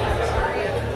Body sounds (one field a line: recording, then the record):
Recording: background sound without coughing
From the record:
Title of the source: CITY SOUNDS Busy Bar in the Evening Night - 2 HOURS of Ambiance for Relaxation